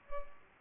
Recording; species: mosquito wingbeat signal from an infrared sensor; Culex pipiens